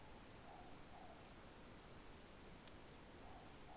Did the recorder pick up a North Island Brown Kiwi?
no